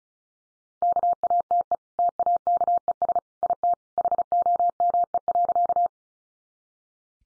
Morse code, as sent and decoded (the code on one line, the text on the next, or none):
-.- .- - . / - .- -.- . ... / .. - / .... --- -- . .-.-.-
KATE TAKES IT HOME.